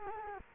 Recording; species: mosquito wingbeat signal from an infrared sensor; Culex quinquefasciatus